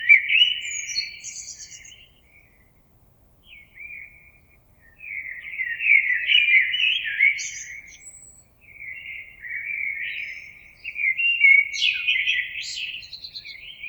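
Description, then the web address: Common blackbird singing repeated mellow, warbling phrases with thin, high twittered endings, separated by short quiet gaps. Recorded on 26 April 2022. "oiseaux Merle 2022 04 26"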